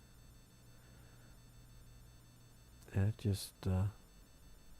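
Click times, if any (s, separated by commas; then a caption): none. A plastic LED light plate is lined up inside a model railway car interior before being pushed home. The first three seconds are quiet, then someone talks briefly from about 2.9 to 3.9 s. Nothing has seated or clicked yet.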